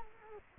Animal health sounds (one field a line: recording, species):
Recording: mosquito wingbeat signal from an infrared sensor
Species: Culex quinquefasciatus